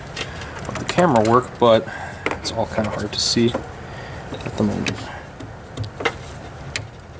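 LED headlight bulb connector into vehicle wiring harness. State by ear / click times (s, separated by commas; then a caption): seated / 6.8 s. A new LED headlight bulb's plastic connector is pushed into the wiring harness connector of a 2020 Chevy Colorado Z71 while someone talks. A sharp snap at 6.8 seconds marks the connector seating, giving a solid connection.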